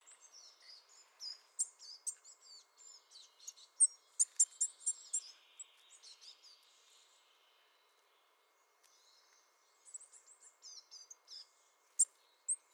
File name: Mésange-à-longue-queue